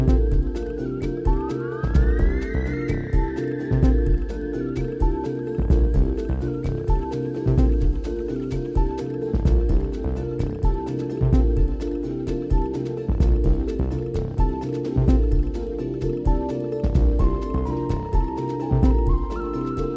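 A summer night stroll tune with a steady, busy pulse over full low tones, a rising bright sweep early on, and crisp repeating clicks throughout.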